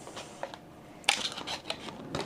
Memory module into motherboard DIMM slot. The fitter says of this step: And then, just once it's down, should hear it click in place.